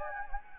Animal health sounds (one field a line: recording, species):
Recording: mosquito wingbeat signal from an infrared sensor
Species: Anopheles gambiae